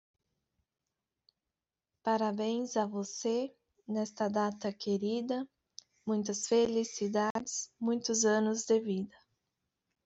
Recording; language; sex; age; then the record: short text; Brazilian Portuguese; female; 30 to 39 years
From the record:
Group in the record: control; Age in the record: 30 years